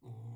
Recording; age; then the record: pig call; weaner (32 to 43 days)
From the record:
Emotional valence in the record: negative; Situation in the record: restrain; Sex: male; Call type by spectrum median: low-frequency call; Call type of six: low-frequency stable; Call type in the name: low-frequency stable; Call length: 0.36 s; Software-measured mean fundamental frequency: 56 Hz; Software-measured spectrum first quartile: 115 Hz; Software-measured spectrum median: 138 Hz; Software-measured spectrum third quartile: 250 Hz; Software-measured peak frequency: 120 Hz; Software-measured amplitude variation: 113 dB a second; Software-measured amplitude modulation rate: 9.8 a second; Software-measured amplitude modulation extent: 11.5 dB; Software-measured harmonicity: -1.3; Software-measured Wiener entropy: 0.93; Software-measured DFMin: 1187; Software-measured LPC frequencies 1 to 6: 807, 2175, 3748, 5536, 6815, 7233 Hz